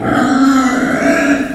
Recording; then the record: squeal of a Yucatan mini pig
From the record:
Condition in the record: after surgery on the right vocal fold (resection and tissue-engineered implant); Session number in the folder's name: 4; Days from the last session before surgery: 26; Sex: female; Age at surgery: 19 weeks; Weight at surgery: 25 kg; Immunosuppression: prednisolone